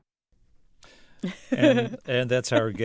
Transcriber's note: laughter